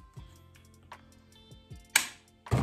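A fitting of a 12V NoCo Genius battery charger for a softwash build, which will be mounted into a control box, is pushed home onto its mount over low background music and a few soft knocks. It gives a sharp click at 2.0 s, with another loud sound at 2.5 s. The click confirms the fitting is seated and secure.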